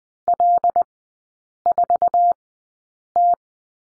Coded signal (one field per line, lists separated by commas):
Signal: Morse code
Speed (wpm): 20 wpm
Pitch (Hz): 700 Hz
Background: none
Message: L4T